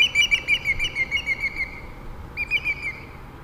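Greater yellowlegs giving a rapid run of ringing whistled notes that gradually fall in pitch, a brief pause, then a shorter fresh series of the same notes.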